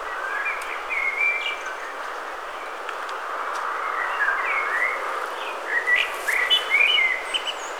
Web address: best service Blue Box wind wind through grass birds